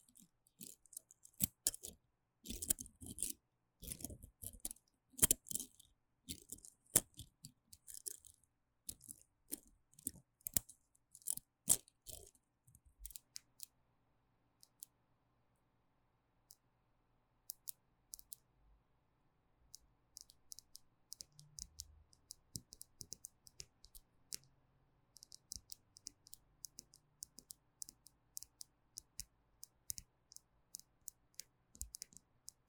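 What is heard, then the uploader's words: Tapping and scratching on gel nail supplies. Dense, bright clicks and taps come in quick bursts for the first 13 seconds, then thin to sparse, scattered ticks and light scratches over a faint steady low hum through the rest. ASMR 凝膠美甲用品觸發 | Gel Nails supplies Triggers | Tapping & Scratching | NoTalking. 手邊好多美甲用品可以使用，還有一些亮晶晶閃亮亮的拍照道具.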